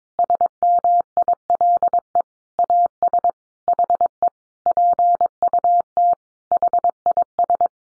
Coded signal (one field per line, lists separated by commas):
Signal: Morse code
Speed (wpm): 22 wpm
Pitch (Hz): 700 Hz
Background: none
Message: SMILE AS HE PUT HIS